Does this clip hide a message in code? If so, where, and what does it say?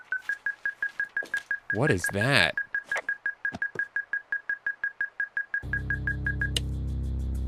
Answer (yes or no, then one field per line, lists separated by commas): no